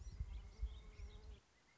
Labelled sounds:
Pileated Woodpecker (Dryocopus pileatus)
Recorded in Sonoma County, California

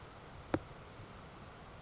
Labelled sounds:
Grasshopper Sparrow (Ammodramus savannarum)
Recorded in Sonoma County, California

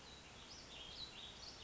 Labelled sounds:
Warbling Vireo (Vireo gilvus)
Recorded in Sonoma County, California

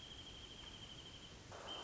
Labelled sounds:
Wrentit (Chamaea fasciata)
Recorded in Sonoma County, California

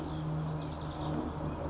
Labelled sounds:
House Wren (Troglodytes aedon)
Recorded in Sonoma County, California

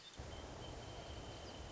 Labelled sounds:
Wrentit (Chamaea fasciata)
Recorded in Sonoma County, California

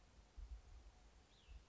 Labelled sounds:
Cassin's Vireo (Vireo cassinii)
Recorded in Sonoma County, California

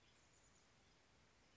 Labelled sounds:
Chestnut-backed Chickadee (Poecile rufescens)
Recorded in Sonoma County, California

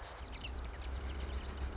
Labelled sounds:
Marsh Wren (Cistothorus palustris)
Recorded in Sonoma County, California

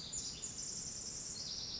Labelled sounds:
Pacific Wren (Troglodytes pacificus)
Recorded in Sonoma County, California

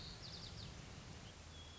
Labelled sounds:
White-crowned Sparrow (Zonotrichia leucophrys)
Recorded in Sonoma County, California

